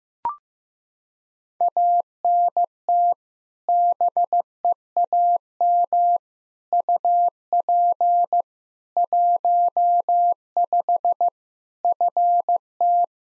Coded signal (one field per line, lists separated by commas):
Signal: Morse code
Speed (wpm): 16 wpm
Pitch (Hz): 700 Hz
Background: none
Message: ANT BEAM UP 15 FT